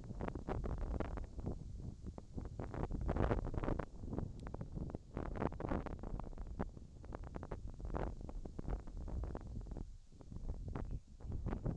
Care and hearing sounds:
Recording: everyday scene through a hearing-aid microphone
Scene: wind on the microphone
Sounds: wind, whistling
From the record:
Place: in front of a rural house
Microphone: in the ear canal, left

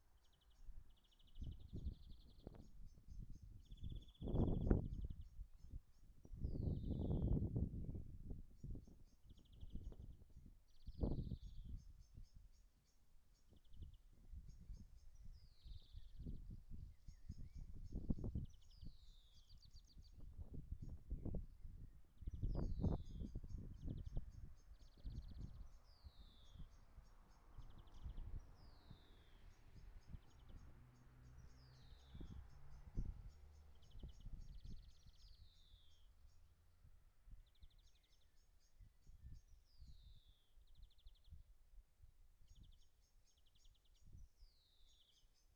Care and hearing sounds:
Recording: everyday scene through a hearing-aid microphone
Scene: wind on the microphone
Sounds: wind, traffic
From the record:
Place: in front of a rural house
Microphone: behind the ear, right, front

